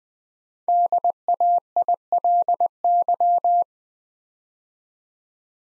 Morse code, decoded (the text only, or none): DAILY